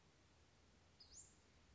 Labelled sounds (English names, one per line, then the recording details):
Western Flycatcher
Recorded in Sonoma County, California